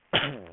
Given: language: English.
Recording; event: throat vibration sensor signal played as sound; cough